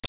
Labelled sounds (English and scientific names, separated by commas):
Connecticut Warbler (Oporornis agilis) flight call